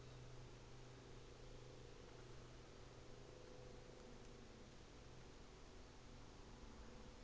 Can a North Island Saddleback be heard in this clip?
no